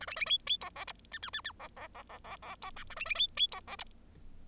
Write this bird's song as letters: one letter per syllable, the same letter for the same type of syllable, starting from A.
A B B C C D E F G G G G E E E E E E D H A B B C C D E F